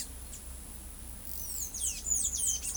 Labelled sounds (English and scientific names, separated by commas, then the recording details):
Palm Tanager (Thraupis palmarum)
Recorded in pastures near Pivijay, Magdalena, Colombia, on 3 June 2023 at 15:30
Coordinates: 10.456, -74.369
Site P6-G026